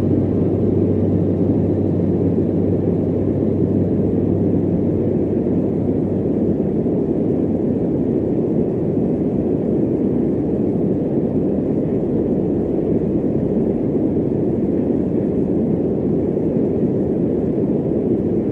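Steady, dense fan noise rumbles low and even throughout, with a faint low hum tone sitting underneath for the first five seconds.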